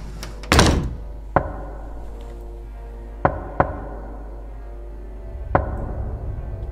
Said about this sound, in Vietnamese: Sau 10 phút có tiếng gõ cửa ở bên ngoài, vang lên giọng của cậu Út.